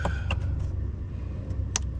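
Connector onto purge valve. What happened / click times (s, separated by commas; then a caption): The connector snapped into place / 1.8 s. An electrical connector is pushed back onto the evap purge valve of a 2015 Toyota Sienna 3.5L during reassembly after a spark plug replacement. Over a steady low rumble, two softer ticks come at 0.1 s and 0.3 s, then a sharp click at 1.8 s as the connector seats.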